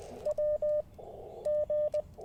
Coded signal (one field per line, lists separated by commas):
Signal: Morse code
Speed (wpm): 20 wpm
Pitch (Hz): 600 Hz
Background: none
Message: W G